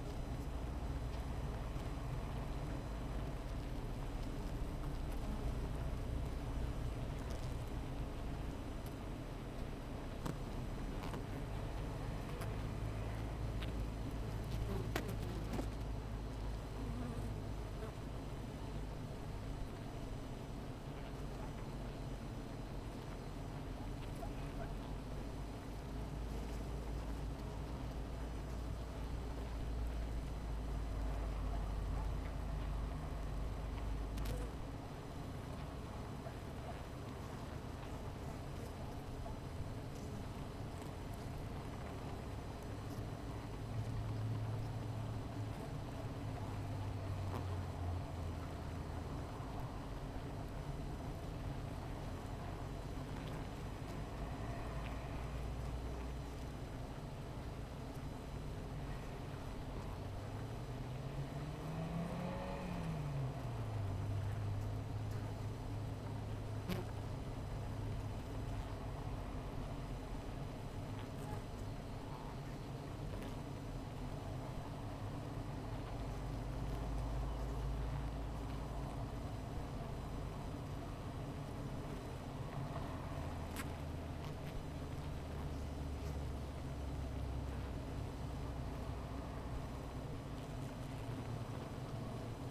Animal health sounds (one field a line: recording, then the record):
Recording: honeybee colony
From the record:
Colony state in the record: missing queen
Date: 14 July 2017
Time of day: 15:33